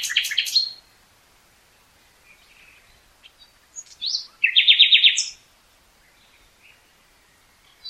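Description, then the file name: Common nightingale song: a short burst of rapid notes, a quiet gap, then a loud fast rattling trill of repeated notes and a single whistle. "Luscinia megarhynchos"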